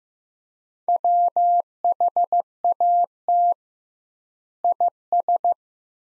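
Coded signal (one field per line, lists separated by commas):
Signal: Morse code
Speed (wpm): 15 wpm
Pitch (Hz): 700 Hz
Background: none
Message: WHAT IS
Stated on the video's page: Sentence copy practice at 15 wpm with 2x standard word spacing, a word-level analogue of Farnsworth spacing.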